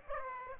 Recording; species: mosquito wingbeat signal from an infrared sensor; Aedes aegypti